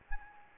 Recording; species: mosquito wingbeat signal from an infrared sensor; Anopheles gambiae